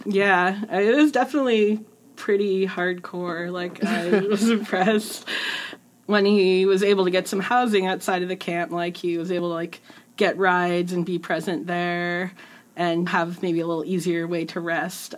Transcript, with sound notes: yeah he was definitely pretty hardcore, like, I was impressed. [laughs] When he was able to get some housing outside of the camp, like, he was able to get rides and be present there and have maybe a little easier way to rest.